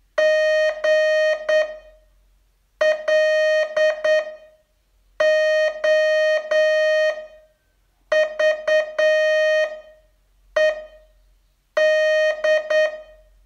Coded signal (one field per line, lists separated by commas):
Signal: Morse code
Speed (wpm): 9 wpm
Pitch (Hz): 620 Hz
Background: music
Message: GLOVED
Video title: Learn Morse in 42 Days from VU2LAU - day 33 test